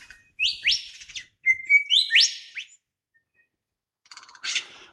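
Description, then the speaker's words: Lyrebird song: loud, clear whistled notes sweeping sharply upward around a short flat whistle, then a pause followed by a softer burst of scratchy chatter. Male lyrebird singing in the morning in an Australian gum tree forest. "his amazing voice that's pouring up now into the morning from an Australian gum tree forest."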